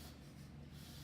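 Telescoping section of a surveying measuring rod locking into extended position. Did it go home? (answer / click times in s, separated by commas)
no / none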